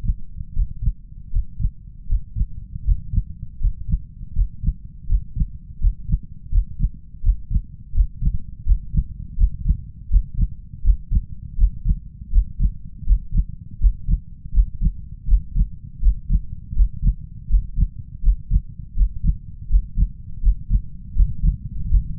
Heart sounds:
heart sounds by stethoscope; 81 bpm
0.53 s: heartbeat
1.30 s: heartbeat
2.06 s: heartbeat
2.83 s: heartbeat
3.58 s: heartbeat
4.33 s: heartbeat
5.06 s: heartbeat
5.78 s: heartbeat
6.49 s: heartbeat
7.21 s: heartbeat
7.92 s: heartbeat
8.63 s: heartbeat
9.35 s: heartbeat
10.08 s: heartbeat
10.82 s: heartbeat
11.56 s: heartbeat
12.30 s: heartbeat
13.04 s: heartbeat
13.78 s: heartbeat
14.51 s: heartbeat
15.26 s: heartbeat
16.00 s: heartbeat
16.74 s: heartbeat
17.48 s: heartbeat
18.21 s: heartbeat
18.94 s: heartbeat
19.68 s: heartbeat
20.41 s: heartbeat
21.14 s: heartbeat
21.89 s: heartbeat
From the record:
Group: healthy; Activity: breath hold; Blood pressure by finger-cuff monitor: 114/85 mmHg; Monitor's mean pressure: 92 mmHg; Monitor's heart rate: 81 bpm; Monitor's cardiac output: 5.7 L/min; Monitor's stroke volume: 71 mL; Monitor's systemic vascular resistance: 1160 dyn s/cm5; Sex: male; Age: 21 years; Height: 180 cm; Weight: 67.5 kg

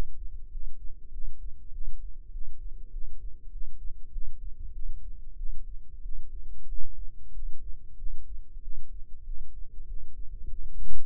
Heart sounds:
heart sounds by microphone in the left ear; 96 bpm
0.49 s: heartbeat
1.10 s: heartbeat
1.70 s: heartbeat
2.30 s: heartbeat
2.90 s: heartbeat
3.49 s: heartbeat
4.10 s: heartbeat
4.71 s: heartbeat
5.35 s: heartbeat
6.01 s: heartbeat
6.66 s: heartbeat
7.31 s: heartbeat
7.96 s: heartbeat
8.60 s: heartbeat
9.23 s: heartbeat
9.86 s: heartbeat
10.47 s: heartbeat
From the record:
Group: healthy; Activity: rest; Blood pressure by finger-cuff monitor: 97/62 mmHg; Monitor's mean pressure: 73 mmHg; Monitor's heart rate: 97 bpm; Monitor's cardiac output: 8.1 L/min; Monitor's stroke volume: 85 mL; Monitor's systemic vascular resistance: 650 dyn s/cm5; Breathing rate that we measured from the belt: 17 breaths a minute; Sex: male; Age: 19 years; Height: 178 cm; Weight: 83 kg

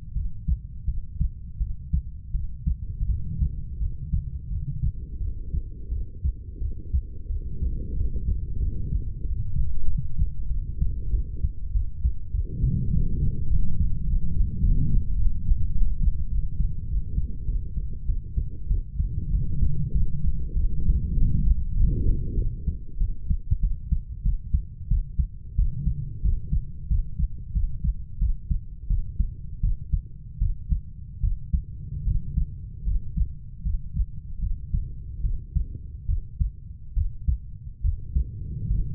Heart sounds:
heart sounds by stethoscope; 89 bpm
0.14 s: heartbeat
0.86 s: heartbeat
1.58 s: heartbeat
2.32 s: heartbeat
3.07 s: heartbeat
3.79 s: heartbeat
4.49 s: heartbeat
5.18 s: heartbeat
5.89 s: heartbeat
6.59 s: heartbeat
7.27 s: heartbeat
7.94 s: heartbeat
8.58 s: heartbeat
9.22 s: heartbeat
9.85 s: heartbeat
10.48 s: heartbeat
11.11 s: heartbeat
11.73 s: heartbeat
12.32 s: heartbeat
12.91 s: heartbeat
13.49 s: heartbeat
14.05 s: heartbeat
14.61 s: heartbeat
15.16 s: heartbeat
15.71 s: heartbeat
16.28 s: heartbeat
16.86 s: heartbeat
17.46 s: heartbeat
18.06 s: heartbeat
18.68 s: heartbeat
19.31 s: heartbeat
19.93 s: heartbeat
20.54 s: heartbeat
21.15 s: heartbeat
21.74 s: heartbeat
22.35 s: heartbeat
22.98 s: heartbeat
23.61 s: heartbeat
24.23 s: heartbeat
24.89 s: heartbeat
25.56 s: heartbeat
26.22 s: heartbeat
26.88 s: heartbeat
27.53 s: heartbeat
28.19 s: heartbeat
28.88 s: heartbeat
29.61 s: heartbeat
30.39 s: heartbeat
31.21 s: heartbeat
32.05 s: heartbeat
32.85 s: heartbeat
33.63 s: heartbeat
34.40 s: heartbeat
35.22 s: heartbeat
36.07 s: heartbeat
36.94 s: heartbeat
37.82 s: heartbeat
38.68 s: heartbeat
From the record:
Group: healthy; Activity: cold pressor test 0-2 s, rest 2-39 s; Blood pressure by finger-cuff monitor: 116/48 mmHg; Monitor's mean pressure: 74 mmHg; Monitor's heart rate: 88 bpm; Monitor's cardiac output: 10.9 L/min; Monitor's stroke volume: 124 mL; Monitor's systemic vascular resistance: 480 dyn s/cm5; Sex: female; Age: 32 years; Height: 168 cm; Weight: 61.9 kg

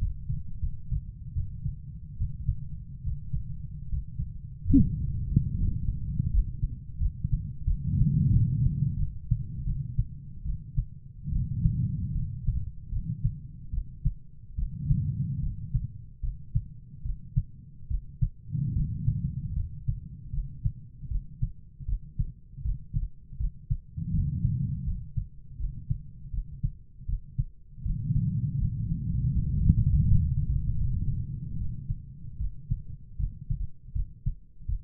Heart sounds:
heart sounds by stethoscope; 77 bpm
0.59 s: heartbeat
1.32 s: heartbeat
2.16 s: heartbeat
3.02 s: heartbeat
3.87 s: heartbeat
4.71 s: heartbeat
5.56 s: heartbeat
6.30 s: heartbeat
6.98 s: heartbeat
7.65 s: heartbeat
8.30 s: heartbeat
8.96 s: heartbeat
9.63 s: heartbeat
10.43 s: heartbeat
11.30 s: heartbeat
12.12 s: heartbeat
12.89 s: heartbeat
13.71 s: heartbeat
14.56 s: heartbeat
15.40 s: heartbeat
16.21 s: heartbeat
17.02 s: heartbeat
17.88 s: heartbeat
18.73 s: heartbeat
19.53 s: heartbeat
20.31 s: heartbeat
21.08 s: heartbeat
21.86 s: heartbeat
22.62 s: heartbeat
23.37 s: heartbeat
24.11 s: heartbeat
24.84 s: heartbeat
25.57 s: heartbeat
26.31 s: heartbeat
27.06 s: heartbeat
27.83 s: heartbeat
28.58 s: heartbeat
29.32 s: heartbeat
30.03 s: heartbeat
30.77 s: heartbeat
31.57 s: heartbeat
32.37 s: heartbeat
33.16 s: heartbeat
33.92 s: heartbeat
34.66 s: heartbeat
From the record:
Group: healthy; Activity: Valsalva maneuver 0-7 s, rest 7-35 s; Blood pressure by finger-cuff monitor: 112/62 mmHg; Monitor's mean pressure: 80 mmHg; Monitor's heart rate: 78 bpm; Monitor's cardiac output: 6.6 L/min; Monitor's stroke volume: 82 mL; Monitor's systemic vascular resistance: 830 dyn s/cm5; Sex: female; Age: 43 years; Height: 160 cm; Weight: 90 kg

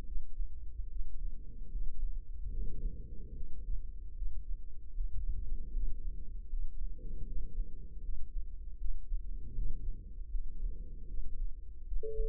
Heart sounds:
heart sounds by microphone in the left ear; 76 bpm
0.03 s: heartbeat
0.87 s: heartbeat
1.69 s: heartbeat
2.50 s: heartbeat
3.32 s: heartbeat
4.13 s: heartbeat
4.92 s: heartbeat
5.71 s: heartbeat
6.47 s: heartbeat
7.24 s: heartbeat
8.00 s: heartbeat
8.76 s: heartbeat
9.53 s: heartbeat
10.29 s: heartbeat
11.05 s: heartbeat
11.83 s: heartbeat
From the record:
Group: healthy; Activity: rest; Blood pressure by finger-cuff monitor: 98/68 mmHg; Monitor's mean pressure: 80 mmHg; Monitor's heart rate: 74 bpm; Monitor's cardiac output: 5.7 L/min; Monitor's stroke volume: 76 mL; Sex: female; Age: 32 years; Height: 172 cm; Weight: 71.7 kg

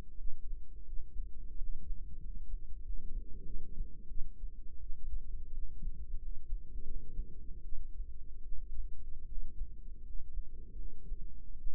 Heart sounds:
heart sounds by microphone in the right ear; 84 bpm
0.15 s: heartbeat
0.83 s: heartbeat
1.54 s: heartbeat
2.17 s: heartbeat
2.80 s: heartbeat
3.42 s: heartbeat
4.05 s: heartbeat
4.78 s: heartbeat
5.49 s: heartbeat
6.15 s: heartbeat
6.81 s: heartbeat
7.61 s: heartbeat
8.40 s: heartbeat
9.23 s: heartbeat
10.00 s: heartbeat
10.73 s: heartbeat
11.55 s: heartbeat
From the record:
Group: healthy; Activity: rest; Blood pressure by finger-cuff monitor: 107/64 mmHg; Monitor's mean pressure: 80 mmHg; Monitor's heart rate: 83 bpm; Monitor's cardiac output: 7.2 L/min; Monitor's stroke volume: 85 mL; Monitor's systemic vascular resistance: 810 dyn s/cm5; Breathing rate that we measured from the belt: 16 breaths a minute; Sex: female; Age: 26 years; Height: 165 cm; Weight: 55 kg

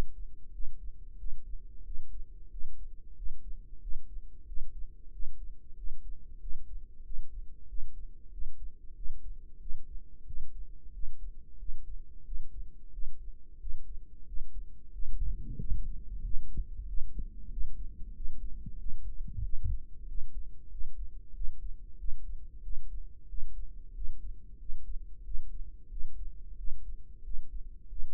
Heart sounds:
heart sounds by microphone in the right ear; 92 bpm
0.54 s: heartbeat
1.19 s: heartbeat
1.86 s: heartbeat
2.52 s: heartbeat
3.17 s: heartbeat
3.82 s: heartbeat
4.48 s: heartbeat
5.14 s: heartbeat
5.78 s: heartbeat
6.42 s: heartbeat
7.05 s: heartbeat
7.69 s: heartbeat
8.33 s: heartbeat
8.97 s: heartbeat
9.61 s: heartbeat
10.28 s: heartbeat
10.94 s: heartbeat
11.60 s: heartbeat
12.26 s: heartbeat
12.94 s: heartbeat
13.61 s: heartbeat
14.28 s: heartbeat
14.94 s: heartbeat
15.60 s: heartbeat
16.25 s: heartbeat
16.88 s: heartbeat
17.52 s: heartbeat
18.16 s: heartbeat
18.79 s: heartbeat
19.44 s: heartbeat
20.09 s: heartbeat
20.72 s: heartbeat
21.35 s: heartbeat
22.00 s: heartbeat
22.64 s: heartbeat
23.29 s: heartbeat
23.96 s: heartbeat
24.60 s: heartbeat
25.26 s: heartbeat
25.91 s: heartbeat
26.59 s: heartbeat
27.25 s: heartbeat
27.90 s: heartbeat
From the record:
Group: healthy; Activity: rest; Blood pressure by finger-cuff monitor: 139/79 mmHg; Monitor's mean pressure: 96 mmHg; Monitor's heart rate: 92 bpm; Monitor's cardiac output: 7.6 L/min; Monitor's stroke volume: 83 mL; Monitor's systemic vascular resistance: 930 dyn s/cm5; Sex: male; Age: 21 years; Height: 175 cm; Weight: 72.6 kg

